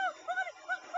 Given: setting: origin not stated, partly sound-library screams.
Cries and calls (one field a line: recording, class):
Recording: one-second piece from a danger detection set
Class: woman in danger